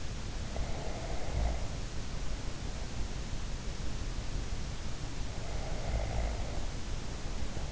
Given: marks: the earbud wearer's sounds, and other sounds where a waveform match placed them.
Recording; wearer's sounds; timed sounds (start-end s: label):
sounds in sleep by an in-ear microphone; breath
0.59-1.50 s: breath
5.58-7.72 s: breath